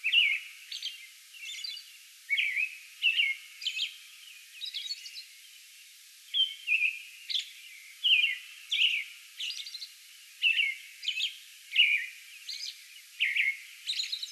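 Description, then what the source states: American robin song: clear whistled caroling phrases in quick bursts, with fainter high twittery notes and a short pause near the middle. Song bout recorded on May 11.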